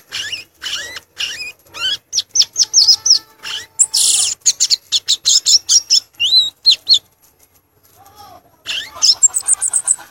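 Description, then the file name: Violaceous euphonia song: fast, varied chatter of sharp high chips and twitters, with some wavering whistled notes mixed in, then a short gap before another burst. "canto do gaturamo verdadeiro"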